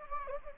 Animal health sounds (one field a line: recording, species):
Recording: mosquito wingbeat signal from an infrared sensor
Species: Anopheles gambiae